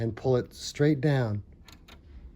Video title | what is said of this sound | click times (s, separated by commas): Threading a Brother Serger | and you'll feel it and hear it click into place and then you'll feel tension so we go from there | 1.7 s